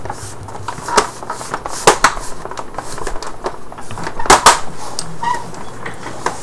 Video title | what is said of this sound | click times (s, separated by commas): Taking apart the Xbox 360 Slim and Hot Swapping PT2 | and then just slide it into place so that it locks in remember | 1.9 s, 2.0 s, 4.5 s